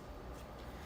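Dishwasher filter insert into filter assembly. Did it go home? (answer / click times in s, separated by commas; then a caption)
no / none. After washing, a plastic filter insert for a Bosch dishwasher is handled and pushed toward its filter assembly during reassembly. Only a faint, steady low rubbing noise is heard for just under a second, with no sharp hits. Nothing has seated or clicked yet.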